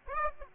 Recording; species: mosquito wingbeat signal from an infrared sensor; Aedes aegypti